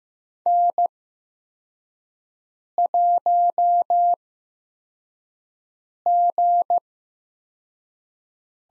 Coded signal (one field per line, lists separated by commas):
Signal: Morse code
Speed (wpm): 15 wpm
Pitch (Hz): 700 Hz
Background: none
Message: N1G